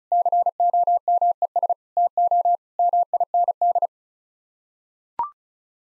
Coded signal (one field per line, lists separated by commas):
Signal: Morse code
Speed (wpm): 36 wpm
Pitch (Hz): 700 Hz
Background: none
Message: COMES TO MIND